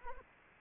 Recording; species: mosquito wingbeat signal from an infrared sensor; Anopheles arabiensis